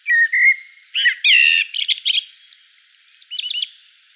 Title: Sylvain Jaskowiak - Mes piafs. Merle noir en Provence au crépuscule